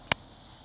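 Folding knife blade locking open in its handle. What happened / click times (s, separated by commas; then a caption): The folding blade snapped open and locked / 0.1 s. A lightweight folding knife with an M4 steel blade is flicked open with its thumb stud, and the blade snaps into its locked position in the handle. A faint tick at 0.1 s is followed by a sharp, bright metallic click at 0.1 s (about 0.12 s) with a short ringing tail, and the blade is locked open.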